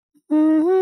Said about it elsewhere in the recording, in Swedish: Han ligger och sover utan att snarka. Men det låter som att man har ett pipljud i näsan.